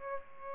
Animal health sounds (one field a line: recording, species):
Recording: mosquito wingbeat signal from an infrared sensor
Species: Aedes aegypti